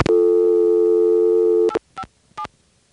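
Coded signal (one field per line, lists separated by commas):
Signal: DTMF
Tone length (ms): 70 ms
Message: 857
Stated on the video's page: Recorded on an ITT Pentaconta crossbar switching exchange in Asheboro, North Carolina.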